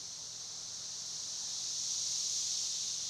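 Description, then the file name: Cicada droning in a constant shrill buzz that grows gradually louder. Recorded 1 June 2011. "2011 06 01 cicada"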